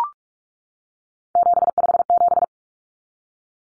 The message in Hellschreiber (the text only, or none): none